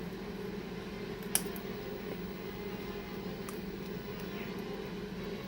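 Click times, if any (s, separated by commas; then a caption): 1.3 s. A trigger on an action figure is pressed to release a detachable plastic part, giving one sharp click at 1.4 s over a steady low hum. Fainter ticks follow at 1.6 s and 3.5 s, and the part comes off.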